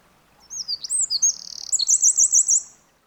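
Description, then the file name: Eurasian wren giving a loud high song of quick slurred whistles, a dense trill, and a closing run of repeated sharp notes. "Troglodytes troglodytes"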